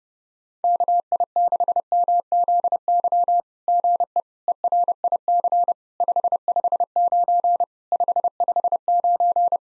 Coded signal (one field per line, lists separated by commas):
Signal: Morse code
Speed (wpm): 30 wpm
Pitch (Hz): 700 Hz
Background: none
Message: KI6MZY GE ERIC 559 559